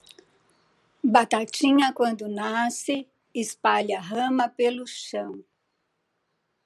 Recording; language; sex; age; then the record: short text; Brazilian Portuguese; female; 60 to 69 years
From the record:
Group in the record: control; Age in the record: 66 years